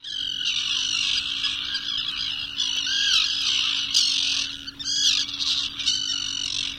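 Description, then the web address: Common tern calls: harsh, grating screeches overlapping almost without a break, over a steady low hum. "Thumbs Plus Zoo Field Guide Repository"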